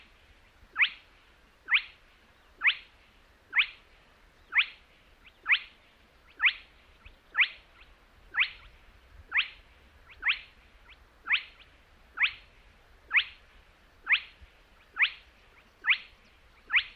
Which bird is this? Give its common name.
Spotted Crake